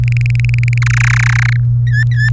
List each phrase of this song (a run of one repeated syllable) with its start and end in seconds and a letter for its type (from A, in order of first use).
0.04-0.78 A, 0.82-1.56 B, 1.87-2.30 C